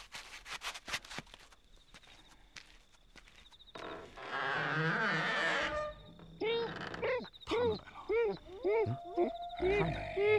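A wolf calls: after a few sharp clicks, a rough snarling growl swells, then gives way to a run of short, wavering yelps and whining cries that rise and fall in pitch.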